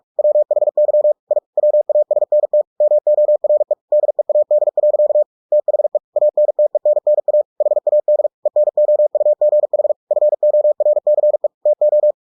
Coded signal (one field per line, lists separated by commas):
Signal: Morse code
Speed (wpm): 46 wpm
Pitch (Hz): 600 Hz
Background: none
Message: WHY I WASNT MORE DEAD. THE ANTENNA HAD ENOUGH FORCE TO